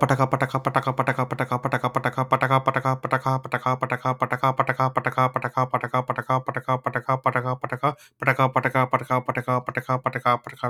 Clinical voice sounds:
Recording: repeated syllables /pa ta ka/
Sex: male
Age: 30 to 39 years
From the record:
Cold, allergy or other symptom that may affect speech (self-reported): no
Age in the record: 35 years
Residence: North Carolina, United States

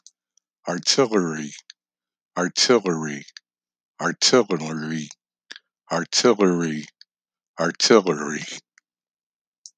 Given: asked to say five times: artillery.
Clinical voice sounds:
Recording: repeated word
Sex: male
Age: 50 to 59 years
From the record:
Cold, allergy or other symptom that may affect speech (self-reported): no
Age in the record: 59 years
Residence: Illinois, United States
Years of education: 15

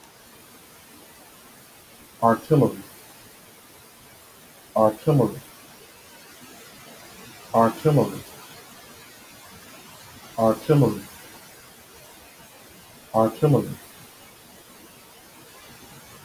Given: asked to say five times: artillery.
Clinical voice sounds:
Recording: repeated word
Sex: male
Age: 40 to 49 years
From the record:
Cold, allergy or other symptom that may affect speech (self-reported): no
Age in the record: 49 years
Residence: Texas, United States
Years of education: 16

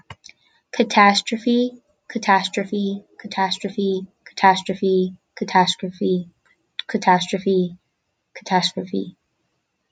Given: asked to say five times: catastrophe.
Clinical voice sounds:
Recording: repeated word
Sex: female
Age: 20 to 29 years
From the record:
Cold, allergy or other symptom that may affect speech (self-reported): no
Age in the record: 22 years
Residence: Pennsylvania, United States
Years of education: 12

